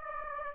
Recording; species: mosquito wingbeat signal from an infrared sensor; Aedes aegypti